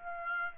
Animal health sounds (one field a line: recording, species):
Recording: mosquito wingbeat signal from an infrared sensor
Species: Aedes aegypti